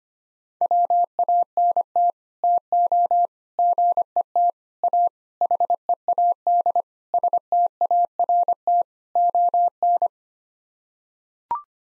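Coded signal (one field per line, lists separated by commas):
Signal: Morse code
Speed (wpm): 25 wpm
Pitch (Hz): 700 Hz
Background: none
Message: WANT TO GET A HEAD START ON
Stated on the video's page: Sets of seven common English words sent in Morse at 25 wpm, repeated after speaking; head-copy drill.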